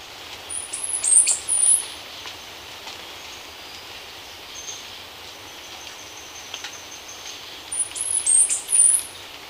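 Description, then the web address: Chestnut-capped Brush Finch calls: very high, thin sweeping notes in two short bursts at the start and end, over a steady hiss of background noise. Recorded in Ecuador, South America. "Natures Songs S America Birds of Ecuador Chestnut-capped Brush-Finch"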